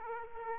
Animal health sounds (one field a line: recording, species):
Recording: mosquito wingbeat signal from an infrared sensor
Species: Aedes aegypti